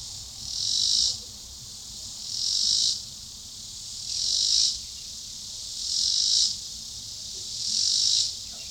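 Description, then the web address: Robinson's cicada singing in steady pulses, each a loud, grating buzz about a second long that rises in volume, returning at even intervals near two seconds. Recorded in 2006. "Cicada images 2006 T robinsoniana"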